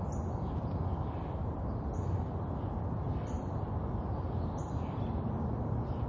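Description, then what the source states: Bird chirp, four clear high notes spaced over a second apart, set against an unbroken wash of city traffic. Urban ambience with birds chirping and distant traffic.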